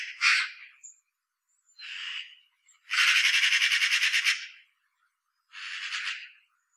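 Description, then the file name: Eurasian magpie chattering, harsh rattling bursts, one long rapid chatter in the middle flanked by shorter rasping calls, with silent gaps between. "Pica pica"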